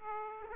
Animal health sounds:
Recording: mosquito wingbeat signal from an infrared sensor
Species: Aedes aegypti

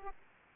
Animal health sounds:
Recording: mosquito wingbeat signal from an infrared sensor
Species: Aedes aegypti

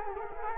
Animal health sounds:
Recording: mosquito wingbeat signal from an infrared sensor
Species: Culex quinquefasciatus

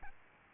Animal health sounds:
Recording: mosquito wingbeat signal from an infrared sensor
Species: Aedes albopictus

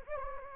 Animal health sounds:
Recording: mosquito wingbeat signal from an infrared sensor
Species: Anopheles gambiae

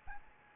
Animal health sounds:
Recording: mosquito wingbeat signal from an infrared sensor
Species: Aedes albopictus

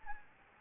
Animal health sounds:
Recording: mosquito wingbeat signal from an infrared sensor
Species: Anopheles gambiae

